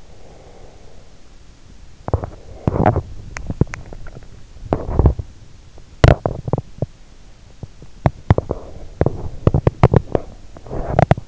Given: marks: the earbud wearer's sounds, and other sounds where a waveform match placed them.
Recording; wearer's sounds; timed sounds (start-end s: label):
sounds in sleep by an in-ear microphone; breath, teeth grinding
0.00-1.68 s: breath
1.99-11.28 s: teeth grinding